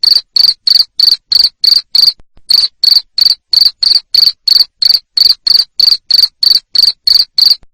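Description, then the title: Cricket giving a loud, sharp, high chirp, evenly repeated roughly three times per second, broken by one short gap. Loud cricket chirping used to make lovebirds sing continuously. "Suara JANGKRIK NGERIK Keras Bikin LOVEBIRD Jadi NGEKEK Terus"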